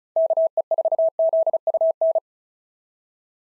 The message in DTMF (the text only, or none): none